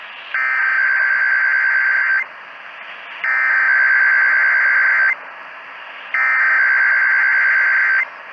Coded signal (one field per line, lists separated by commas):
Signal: Emergency Alert System (SAME) tones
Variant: header bursts